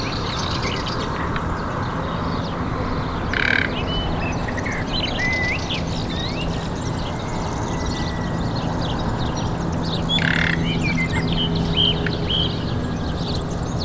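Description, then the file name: Common nightingale calls: scattered thin whistles and chirps with two harsh rasping bursts spaced well apart, over a steady low rumble of background noise. "Luscinia megarhynchos"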